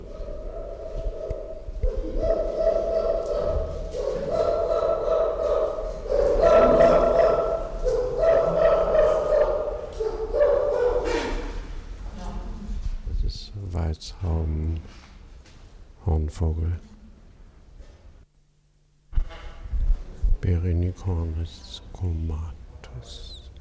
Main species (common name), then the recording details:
White-crowned Hornbill. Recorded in captivity. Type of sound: call, call sequence. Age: adult. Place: Zoo Berlin, Berlin, DE. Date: 1993-02-20. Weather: 3°C, heiter bis wolkig, böiger Wind. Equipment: Marantz CP 430, Sennheiser ME 80, Kopie Uher Variocord 263. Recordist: Tembrock, Günter. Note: Rufreihe, Entfernung: 10 m